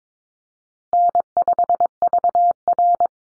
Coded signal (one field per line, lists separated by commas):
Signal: Morse code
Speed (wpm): 22 wpm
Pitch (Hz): 700 Hz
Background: none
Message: N5VR